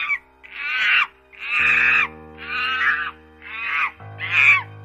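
Bonobo shrieking: five loud, high-pitched, strained calls, each lasting most of a second and coming about once a second, with a low steady hum behind the later ones.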